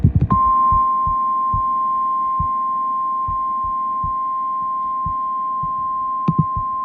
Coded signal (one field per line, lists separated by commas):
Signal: Emergency Alert System (SAME) tones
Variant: 1050 Hz attention tone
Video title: PURE CHAOS 4: MID-ATLANTIC ANARCHY!! | EAS Alerts from 6/6/26